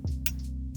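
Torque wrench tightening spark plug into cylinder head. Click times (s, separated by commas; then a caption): 0.3 s. A torque wrench tightens the second spark plug into the cylinder head of a 2010 Honda Accord Coupe 3.5L V6 EX-L, over a steady low hum. A sharp, bright click comes at 0.3 s, and fainter ticks follow. The wrench has clicked at its torque setting.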